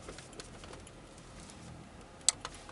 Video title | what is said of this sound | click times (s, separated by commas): GTA Car Kits - Lexus ES 2007-2012 install of iPhone, Ipod and AUX adapter for factory stereo | just like that, until it clicks. | 2.3 s